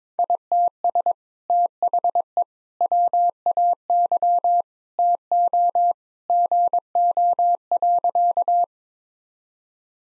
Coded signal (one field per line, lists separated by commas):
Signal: Morse code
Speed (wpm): 22 wpm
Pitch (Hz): 700 Hz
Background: none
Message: ITS THE WAY TO GO.